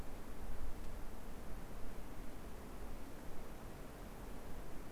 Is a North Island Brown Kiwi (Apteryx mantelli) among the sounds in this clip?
no